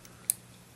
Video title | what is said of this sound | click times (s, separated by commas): Fansproject Warbot ASSAULTER(Broadside): EmGo's Transformers Reviews N' Stuff | and there you go it's a soft click but it will click into place | 0.3 s